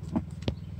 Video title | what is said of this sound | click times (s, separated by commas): Toyota Yaris VLand Projector Headlight Installation | you hear a clicking sound. | 0.5 s